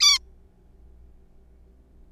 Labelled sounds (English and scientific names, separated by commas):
Zebra Finch (Taeniopygia guttata)